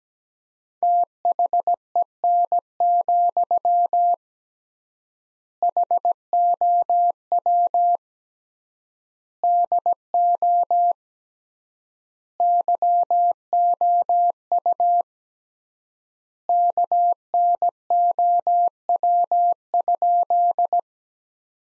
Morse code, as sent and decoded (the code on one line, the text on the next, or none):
- .... . -. --..-- / .... --- .-- / -.. --- / -.-- --- ..- / -.- -. --- .-- ..--..
THEN, HOW DO YOU KNOW?